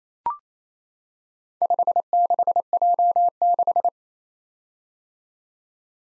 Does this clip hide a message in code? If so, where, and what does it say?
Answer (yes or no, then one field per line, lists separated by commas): yes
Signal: Morse code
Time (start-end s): 1.6-3.9 s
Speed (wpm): 29 wpm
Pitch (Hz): 700 Hz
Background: none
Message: 56J6